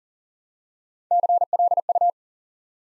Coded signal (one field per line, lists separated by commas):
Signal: Morse code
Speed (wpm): 38 wpm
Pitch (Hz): 700 Hz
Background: none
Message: CLU